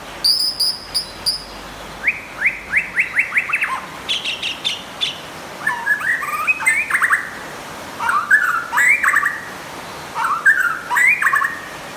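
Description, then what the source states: White-rumped shama singing a varied medley: high rapid clicks, a quick run of rising whistled notes, then scratchy trills and looping warbled phrases repeated in bursts. Champion bird from a singing contest.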